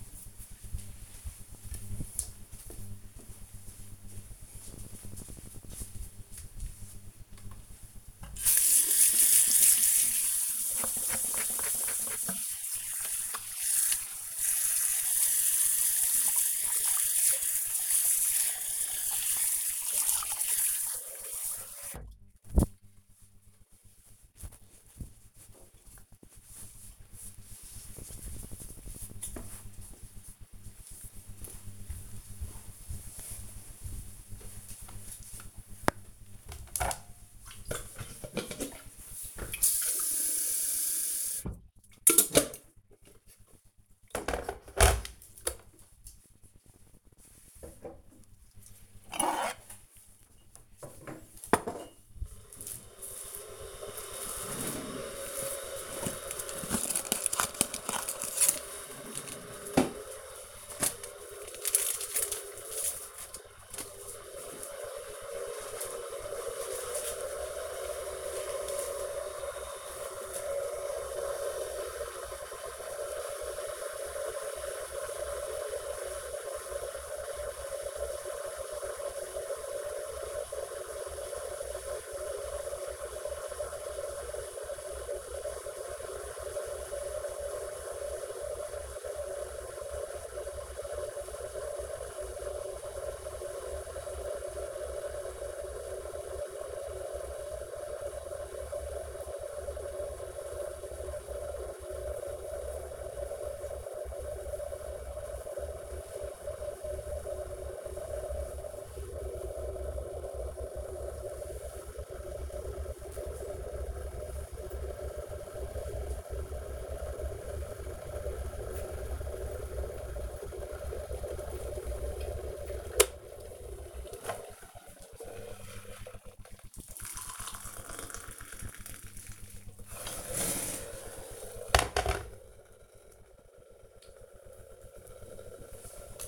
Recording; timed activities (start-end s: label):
household activities, microphone on the right wrist
7.28-23.44 s: washing hands
35.50-135.27 s: making tea